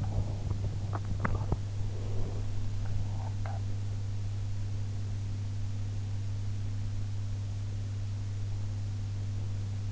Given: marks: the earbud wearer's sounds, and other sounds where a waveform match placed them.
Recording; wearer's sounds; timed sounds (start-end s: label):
sounds in sleep by an in-ear microphone; body movement
0.00-2.54 s: body movement